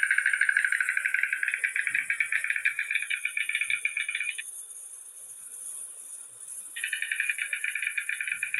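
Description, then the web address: White stork rattling: a fast, dry clattering burst lasting over four seconds, a quieter gap, then another clattering burst, with a constant high-pitched hiss behind. "Cegonha Branca"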